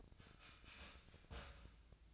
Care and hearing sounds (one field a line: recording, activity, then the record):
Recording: daily activity, microphone in the room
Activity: start toaster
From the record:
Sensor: 2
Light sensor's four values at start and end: 23/56/24/26 and 23/56/24/26